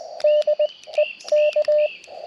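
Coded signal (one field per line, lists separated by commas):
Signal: Morse code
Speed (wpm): 19 wpm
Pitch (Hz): 590 Hz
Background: none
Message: DE K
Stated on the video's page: QRP CW from a Parks on the Air activation on 30 meters with a nearly constant pileup, using a TX-500 or Elecraft KX2.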